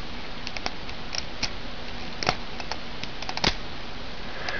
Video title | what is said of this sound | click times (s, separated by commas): Part 2 of 4 review of Transformers Alternity Bumble action figure | When you hear that click, that means the leg is actually locked. | 2.3 s